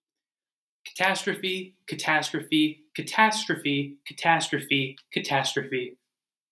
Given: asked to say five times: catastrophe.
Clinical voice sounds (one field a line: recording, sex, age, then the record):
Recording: repeated word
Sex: male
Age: 20 to 29 years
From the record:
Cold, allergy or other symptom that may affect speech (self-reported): no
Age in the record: 23 years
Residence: Virginia, United States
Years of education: 16